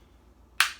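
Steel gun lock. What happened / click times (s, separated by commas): The gun lock's hammer clicks into its half-cock notch / 0.6 s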